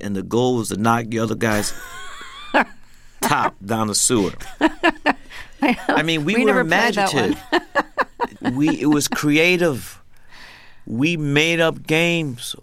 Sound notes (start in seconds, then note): 1.5 laughter; 4.1 laughter; 7.5 laughter